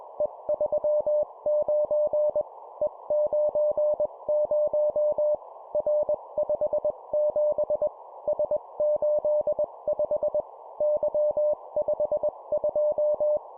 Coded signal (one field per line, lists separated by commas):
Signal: Morse code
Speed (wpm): 21 wpm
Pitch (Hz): 600 Hz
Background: none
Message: E39 E90 R57 S85 Y52